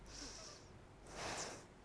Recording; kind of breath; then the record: one breath in and out by a microphone near the nose and mouth; deep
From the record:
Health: marked as sick, illness not named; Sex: female